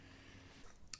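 A plastic hard drive caddy holding a 3.5-inch drive is slid into a drive bay of a Synology DS920+ 4-bay NAS and pushed home. A soft sliding rasp builds toward the end, with a faint tick at 0.8 s, and then a sharp click at 0.9 s. The caddy seats in the bay.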